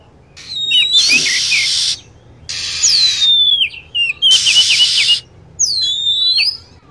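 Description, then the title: Lovebird calls: sharp, high descending chirps in short runs, broken up by long stretches of rushing, hiss-like noise. Lure sound played to attract lovebirds. "PIKAT BURUNG LOVEBIRD"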